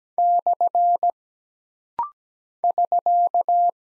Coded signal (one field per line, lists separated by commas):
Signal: Morse code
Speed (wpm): 17 wpm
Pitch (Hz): 700 Hz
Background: none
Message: / <SK>